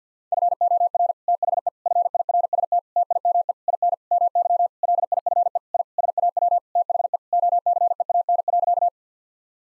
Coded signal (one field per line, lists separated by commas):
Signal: Morse code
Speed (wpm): 50 wpm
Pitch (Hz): 700 Hz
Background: none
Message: FOR THE FIRST TIME IN MY LIFE I SAW THE OCEAN.